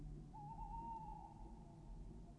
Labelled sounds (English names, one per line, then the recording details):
Tawny Owl
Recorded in Germany
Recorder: ecoPi